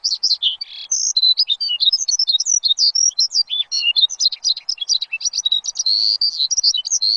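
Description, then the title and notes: Bird song, a continuous rapid stream of varied high chirps and whistled twitters. Chirping used to train pet birds. "Suara Kicauan Burung untuk memaster burung kesayangan"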